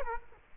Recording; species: mosquito wingbeat signal from an infrared sensor; Culex quinquefasciatus